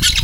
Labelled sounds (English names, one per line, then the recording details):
Brown-throated Parakeet contact call
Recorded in Venezuela
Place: Guárico; Corozopando; Fundo La Fe
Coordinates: 8.506, -67.593